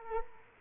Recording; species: mosquito wingbeat signal from an infrared sensor; Culex quinquefasciatus